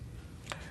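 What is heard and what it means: A rigid necklace is wrapped around the neckline and its tongue is pushed into the box clasp, which snaps shut with a short, sharp click at 0.5 seconds over a low background hum. The clasp seats and closes.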